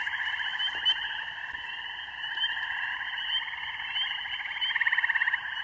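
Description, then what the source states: Spring peepers sounding high, clipped peeps in rapid succession amid a continuous chorus of lower, pulsing frog trills. Mating song of spring peepers with other frogs in a rural beaver pond, recorded in the evening on an iPhone.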